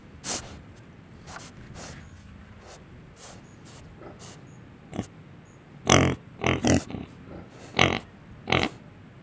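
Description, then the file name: Domestic pig breathing in sharp snorting puffs, sparse at first, then a cluster of strong huffs; a faint high cricket chirp is audible. Several pigs breathing, with a cricket far away. "Porcos respiracao com grilo longe"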